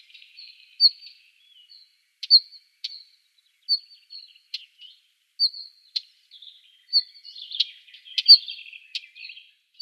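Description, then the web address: Northern wheatear calls, sharp high whistles and clicking notes at irregular intervals, with a busier chattering burst near the end. "Schulze Peter Northern Wheatear calls"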